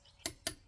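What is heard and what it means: A click-type torque wrench set to 92 tightens a lug nut on a Subaru wheel during a tire rotation with directional tires. Two sharp, bright clicks ring out at 0.3 s and 0.5 s, with quiet between them. The wrench clicks at its setting, confirming the lug nut has reached 92.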